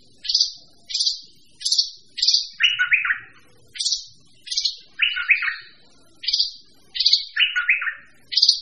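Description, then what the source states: Bird repeating a phrase of high chirped notes that drops into lower, quick rolling notes, cycling about every two to three seconds. Mixed birds.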